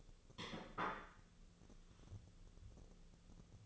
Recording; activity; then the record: daily activity, microphone in the room; place plate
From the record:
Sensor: 4